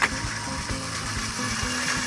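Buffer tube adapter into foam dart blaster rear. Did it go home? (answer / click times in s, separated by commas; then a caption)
yes / 0.0 s. A plastic buffer tube adapter is pushed into the rear of an Adventure Force Delta Pro foam dart revolver and clicks into place at 0.0 s, seating it before it is secured with a Phillips screw. Afterwards there is only a steady tonal background with no further sharp sounds.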